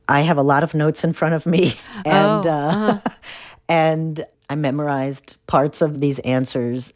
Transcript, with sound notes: have a lot of notes in front of me (laughter)
Oh.
And I memorized parts of these answers.